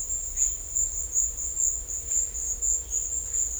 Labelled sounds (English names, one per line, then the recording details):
none
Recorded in dense forest near Puerto Asís, Putumayo, Colombia, on 16 December 2024 at 13:00
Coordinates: 0.500, -76.322
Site G053